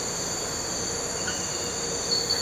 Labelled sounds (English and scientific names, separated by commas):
none